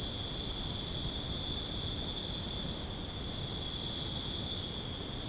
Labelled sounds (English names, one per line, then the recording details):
none
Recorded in dense forest near Puerto Asís, Putumayo, Colombia, on 29 June 2025 at 00:30
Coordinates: 0.486, -76.317
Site G065